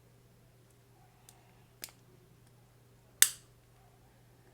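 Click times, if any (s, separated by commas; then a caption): 3.2 s. A replacement band's quick-release pin is angled and pushed into the lug of a Samsung Galaxy Watch Ultra case, with small ticks at about 1.3 and 1.8 s over a low steady hum. At 3.2 s the band snaps into the case with a sharp, loud click and is seated.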